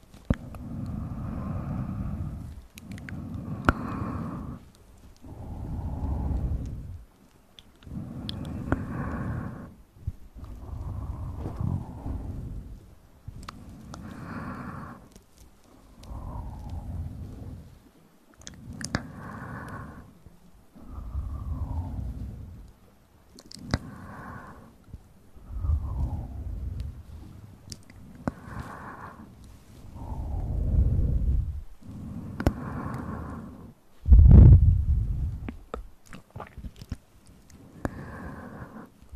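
Upclose mouth sounds and inaudible whispering come in regular breathy bursts about every two seconds, low and muffled, with small clicks and one sharper pop near 34 seconds.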